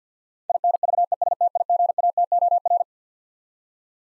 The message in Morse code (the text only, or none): INVESTIGATOR